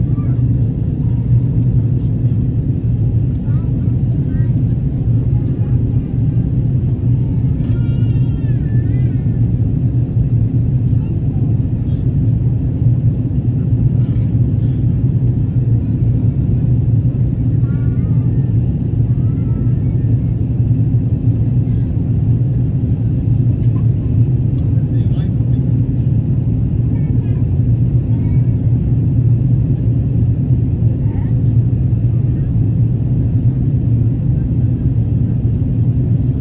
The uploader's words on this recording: FULL FLIGHT - Airbus A330 Palma to Frankfurt (Condor). We are taking off from Palma de Mallorca in a fully booked Airbus A330 -200 from Condor, a german leisure airline and flying back to Germanys biggest airport Frankfurt International. Full flights with all of it's sounds including passenger announcements, service and of course the engines.